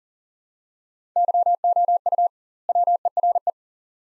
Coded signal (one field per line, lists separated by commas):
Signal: Morse code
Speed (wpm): 40 wpm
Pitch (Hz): 700 Hz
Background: none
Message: YOU WERE